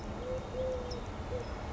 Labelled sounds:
Eurasian Collared Dove (Streptopelia decaocto)
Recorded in Sonoma County, California

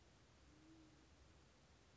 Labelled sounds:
Band-tailed Pigeon (Patagioenas fasciata)
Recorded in Sonoma County, California

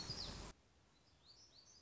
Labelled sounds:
Black-throated Gray Warbler (Setophaga nigrescens)
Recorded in Sonoma County, California

